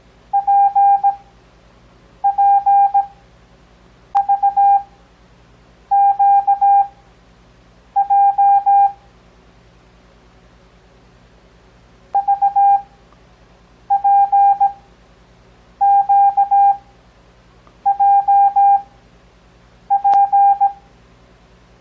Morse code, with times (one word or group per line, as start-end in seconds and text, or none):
0.3-8.9 PPVQJ
12.1-20.7 VPQJP